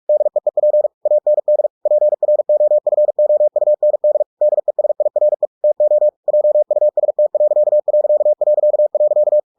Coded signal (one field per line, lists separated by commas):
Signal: Morse code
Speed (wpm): 46 wpm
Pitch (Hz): 600 Hz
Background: none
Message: DEEP AND PROFOUND DESIRE TO JUST....